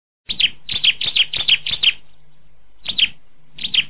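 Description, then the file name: Bar-winged Prinia song: a quick series of chirps, a pause, then two more short bursts of chirps. "ciblek"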